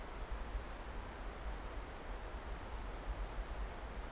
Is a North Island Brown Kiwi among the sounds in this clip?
no